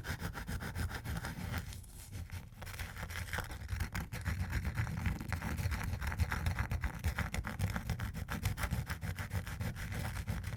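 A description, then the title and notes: Ice being tapped and scratched, heard as a dense, steady run of quick rough strokes with a heavy low rumble underneath. Bright clicky ticks repeat rapidly throughout, briefly thinning around two seconds before resuming at an even pace. ASMR Ice Tapping & Scratching (No Talking).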